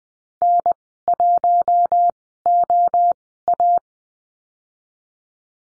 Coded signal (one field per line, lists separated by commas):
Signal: Morse code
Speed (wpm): 20 wpm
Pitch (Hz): 700 Hz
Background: none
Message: N1OA